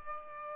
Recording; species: mosquito wingbeat signal from an infrared sensor; Aedes albopictus